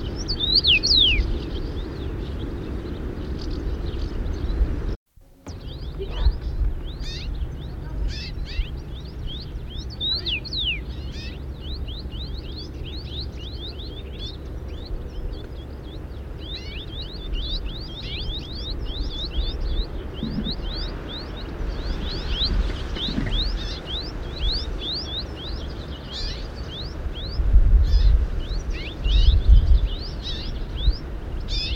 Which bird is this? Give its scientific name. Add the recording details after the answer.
Carpodacus erythrinus. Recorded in the wild. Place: Wolin, Westpommern, PL. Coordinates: 53.923, 14.549. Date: 1972-06-04. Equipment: Nagra III BH, Sennheiser MD 21, parabola. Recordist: Schubert, Michael. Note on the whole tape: Gesang u. Rufe Karmingimpel